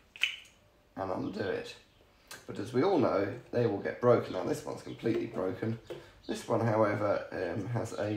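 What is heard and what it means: A plastic VW/Audi coil pack wiring connector is pressed in and its latch is pulled back, giving a short click at 0.2 s as the latch releases and the connector comes undone. Someone talks throughout the rest of the clip.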